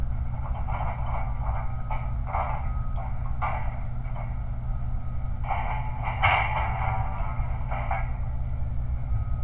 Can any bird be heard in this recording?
no